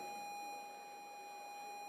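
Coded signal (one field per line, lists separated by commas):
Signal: ZX Spectrum tape loading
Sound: a steady buzzy tone around 800 Hz, like a tape loader's lead tone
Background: room hiss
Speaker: over that you can hear that was nasty sound of a spectrum loading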